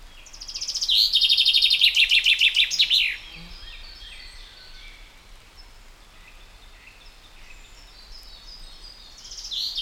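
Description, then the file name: Common chaffinch song: a rapid series of clear notes descending into a quick ending flourish, about two and a half seconds long, then a quiet gap with soft bird notes and another phrase starting. "Fringilla coelebs"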